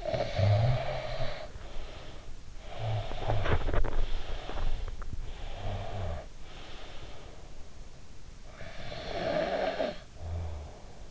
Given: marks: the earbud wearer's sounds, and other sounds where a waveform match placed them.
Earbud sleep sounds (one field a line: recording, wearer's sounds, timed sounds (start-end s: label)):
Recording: sounds in sleep by an in-ear microphone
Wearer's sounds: snoring breath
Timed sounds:
0.00-2.39 s: snoring breath
2.68-5.01 s: snoring breath
5.26-7.62 s: snoring breath
8.53-11.11 s: snoring breath